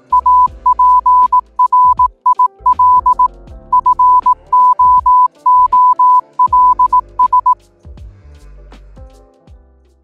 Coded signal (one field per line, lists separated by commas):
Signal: Morse code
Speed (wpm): 18 wpm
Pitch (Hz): 1000 Hz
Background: music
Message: APRIL FOOLS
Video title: The EASIEST Way To Learn Morse Code in 2025